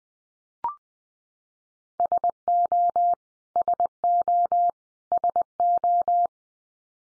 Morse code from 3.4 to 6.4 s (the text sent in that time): SO SO